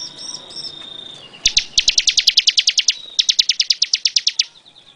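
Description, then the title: Bar-winged prinia song: a high steady whistle, then two long runs of loud, evenly repeated sharp notes separated by a brief pause. "Suara Burung Ciblek"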